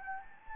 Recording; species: mosquito wingbeat signal from an infrared sensor; Anopheles gambiae